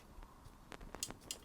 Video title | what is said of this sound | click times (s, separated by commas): CARAVAN OR MOTORHOME WIFI SOLVED - KUMA CONNECT PLAY 4G | I'm just going to literally push it in until I hear a click. | 1.0 s